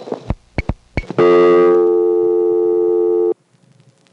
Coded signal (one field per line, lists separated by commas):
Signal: telephone call progress tone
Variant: North America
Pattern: dial tone